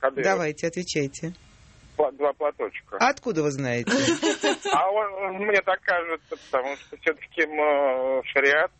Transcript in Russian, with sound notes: Давайте, отвечайте.
По два платочка.
А откуда вы знаете?
(смех) Мне так кажется, потому что все-таки шариат…